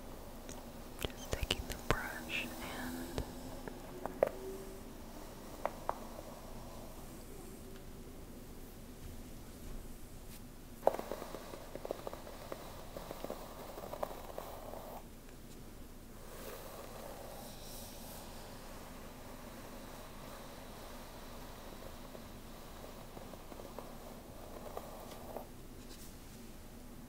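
Slow, gentle hair brushing, in soft sweeping strokes of a few seconds each, around 11–15 s, 16–20 s and 21–26 s. A few sharp taps and clicks come early on, over a low steady hum.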